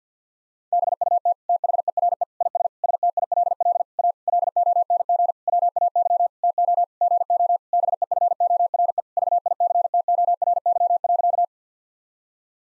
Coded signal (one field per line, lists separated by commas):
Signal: Morse code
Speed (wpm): 50 wpm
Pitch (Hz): 700 Hz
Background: none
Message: BUT THERE IS STILL A LONG WAY TO GO BEFORE VICTORY.